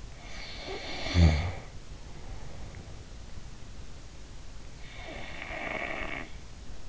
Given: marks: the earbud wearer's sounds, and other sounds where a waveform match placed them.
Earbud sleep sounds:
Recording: sounds in sleep by an in-ear microphone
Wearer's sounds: snoring breath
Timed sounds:
0.19-2.98 s: snoring breath
4.95-6.29 s: snoring breath

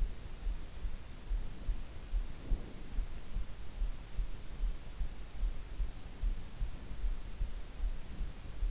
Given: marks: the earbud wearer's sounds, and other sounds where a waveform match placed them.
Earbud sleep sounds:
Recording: sounds in sleep by an in-ear microphone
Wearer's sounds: breath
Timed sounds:
1.32-2.91 s: breath

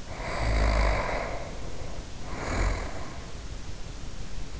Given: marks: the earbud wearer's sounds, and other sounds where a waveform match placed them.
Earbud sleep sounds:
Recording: sounds in sleep by an in-ear microphone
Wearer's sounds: snoring breath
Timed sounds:
0.06-3.70 s: snoring breath

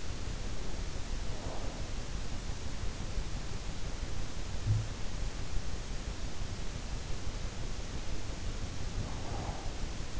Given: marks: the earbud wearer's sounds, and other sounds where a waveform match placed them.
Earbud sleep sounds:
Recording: sounds in sleep by an in-ear microphone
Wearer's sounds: breath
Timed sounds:
0.00-1.88 s: breath
8.87-10.20 s: breath

